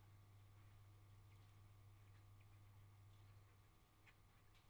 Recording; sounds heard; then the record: poultry house recording; sick chickens (respiratory disease)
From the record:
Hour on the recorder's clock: 10